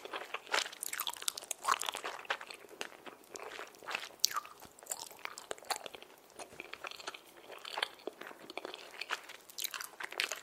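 Eating of popping candy jelly, with a dense, irregular stream of sharp crunches and crackles throughout. Bright snaps and pops cluster in quick bursts, with louder bites near two and four seconds.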